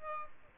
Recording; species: mosquito wingbeat signal from an infrared sensor; Aedes albopictus